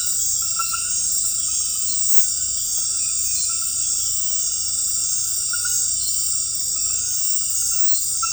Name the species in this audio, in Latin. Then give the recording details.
none. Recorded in dense forest near Puerto Asís, Putumayo, Colombia, on 20 February 2024 at 00:00. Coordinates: 0.484, -76.317. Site G6464